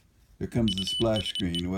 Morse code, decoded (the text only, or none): USE